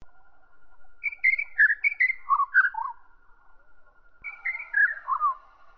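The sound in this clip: Bird song of two whistled phrases, each a quick series of clear notes stepping downward, separated by a pause of about a second, over a faint steady tone.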